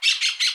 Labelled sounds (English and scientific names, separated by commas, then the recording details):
Brown-throated Parakeet (Eupsittula pertinax) contact call
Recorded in Aruba
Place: Cunucu Arikok, S side of Ceru Arikok
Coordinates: 12.502, -69.950